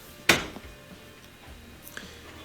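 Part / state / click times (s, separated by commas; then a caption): geared wheel latch on freezer drawer rail / seated / 0.3 s, 2.0 s. A plastic geared wheel latch at the back of a freezer drawer rail is pushed down hard, first on the right and then on the left. A loud click at 0.3 s is followed by a softer one at 2.0 s, with a faint tick just before it. Both latches click home and are seated.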